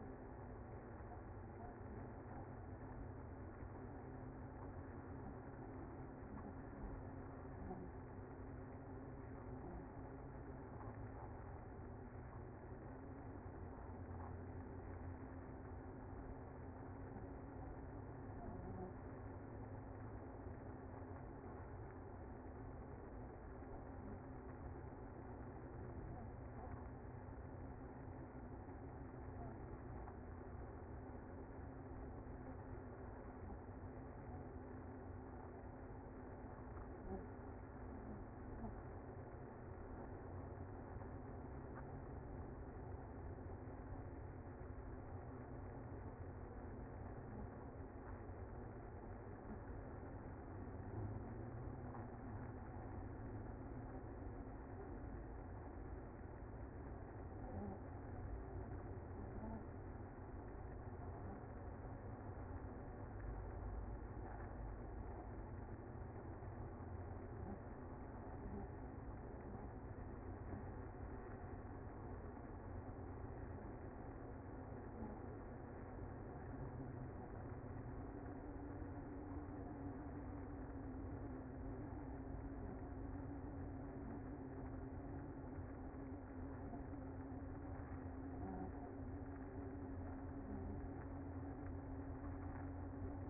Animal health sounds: honeybee colony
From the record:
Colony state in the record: active

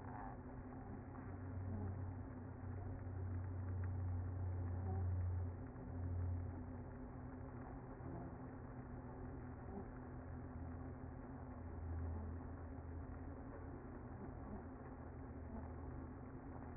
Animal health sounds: honeybee colony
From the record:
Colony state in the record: active

